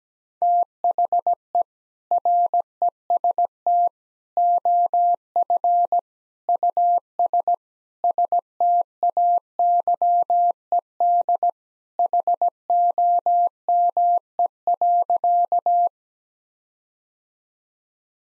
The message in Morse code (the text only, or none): THE REST OF US STAYED HOME.